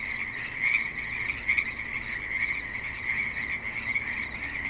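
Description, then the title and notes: Frogs giving a continuous croaking chorus, with a couple of louder calls breaking through near the start. Frogs at a creek in suburban Spanish Springs, Nevada. "Frogs in Spanish Springs, NV - creek view. Frogs with light traffic and other suburban sounds"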